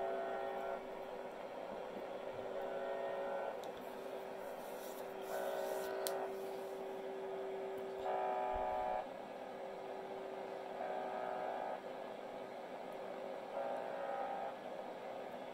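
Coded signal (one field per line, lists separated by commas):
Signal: channel marker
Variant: UVB-76 (The Buzzer)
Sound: short harsh buzzes about every three seconds, with a steady low tone and hiss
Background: radio static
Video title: The Buzzer. Russian Military TX.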